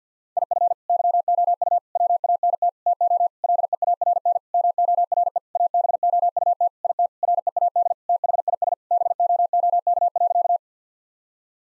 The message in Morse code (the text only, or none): IF YOU WANT TO LEARN MORE ABOUT IT READ THIS BOOK.